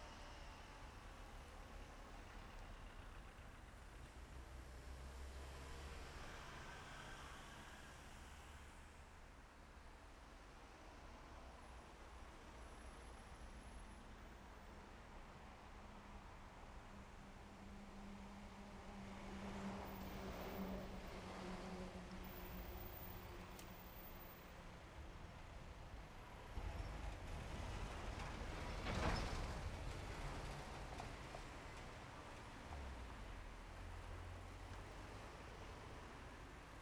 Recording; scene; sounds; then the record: everyday scene through a hearing-aid microphone; in traffic; traffic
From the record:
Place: main road on the outskirts, rush hour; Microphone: behind the ear, left, rear